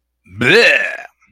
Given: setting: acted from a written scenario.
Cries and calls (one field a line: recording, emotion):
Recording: vocal sound without words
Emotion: disgust